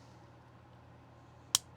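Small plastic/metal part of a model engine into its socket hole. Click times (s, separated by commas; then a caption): 1.5 s. A small wired part of the engine from an Agora Models 1:8 scale diecast 007 Aston Martin DB5 (No Time To Die) kit is pushed into its hole with the wires facing up. After quiet background, a single loud, sharp click sounds at 1.5 s, and the part is seated.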